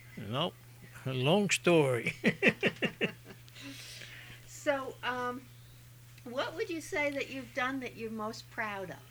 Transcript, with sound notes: Nope, a long story. ( he laughs )
So, um, what would you say that you've done that you're most proud of?